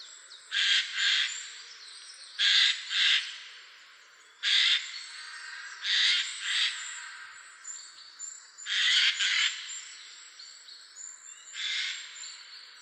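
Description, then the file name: Eurasian jay uttering repeated hoarse, scratchy screeches, single or paired, at intervals of roughly two seconds, with faint background hiss. "Garrulus glandarius"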